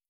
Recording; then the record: hydrophone in a shrimp aquaculture tank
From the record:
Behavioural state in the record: starved